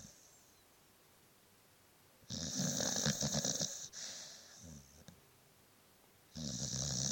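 After a quiet pause, a small dog gives a loud rasping, fluttering snore lasting about a second and a half, which fades into a softer breath. After another short silence, the loud snore starts again and runs to the end. No other sounds are heard.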